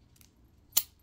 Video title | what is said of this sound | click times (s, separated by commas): Dog gear product review & unboxing. Modern icon | they have this awesome click Buckle here just comes right apart and it clicks back in | 0.8 s